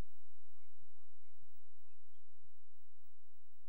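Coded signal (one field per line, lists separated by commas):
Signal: none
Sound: C64 game sound effects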